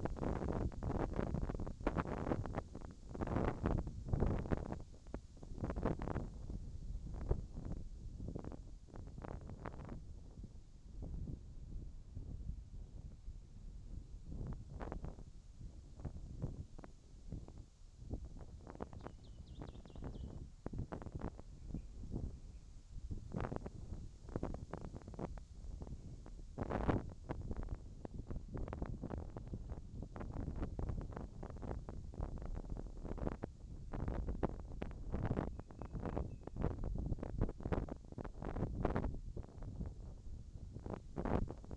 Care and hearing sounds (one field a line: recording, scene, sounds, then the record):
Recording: everyday scene through a hearing-aid microphone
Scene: wind on the microphone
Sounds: wind, whistling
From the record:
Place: in front of a rural house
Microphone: in the ear canal, left